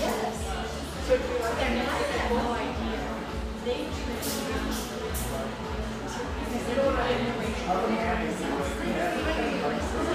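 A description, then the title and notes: Steady murmur of many voices fills an espresso shop, a dense overlapping chatter with a low hum beneath and occasional brief clinks. The gentle hum of a wonderful neighborhood espresso shop, tucked away in a corner of the iconic coffee town of Portland, Oregon.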